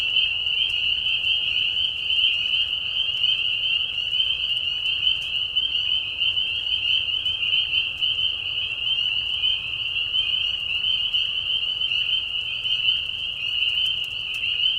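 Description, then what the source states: Many spring peepers calling together, their high shrill peeps blending into one continuous ringing chorus with no pauses. Mating call of many spring peepers in a marsh at night during a short spring season, Tiny Marsh Conservation Area, Tiny, Ontario; high whistles at low volume.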